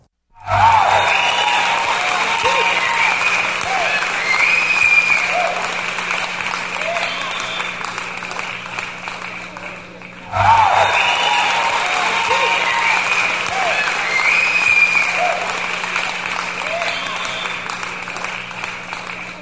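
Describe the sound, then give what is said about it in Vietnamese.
Loud, sustained applause from a large audience on all sides as a performance ends, a dense wash of clapping that dips briefly midway and then surges back strong, continuing steadily to the end. “Tiếng vỗ tay rang lên tứ phía, buổi biểu diễn kết thúc thắng lợi.”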